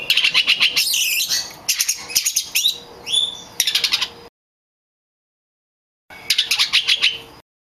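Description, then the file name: Oriental magpie-robin song: fast chattering notes with a few slurred whistles, a pause of about two seconds, then another burst of chatter. Kacer lutung cebu variety. "audio burung kacer lutung cebu. omkicau"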